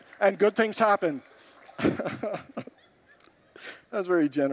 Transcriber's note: congregants laugh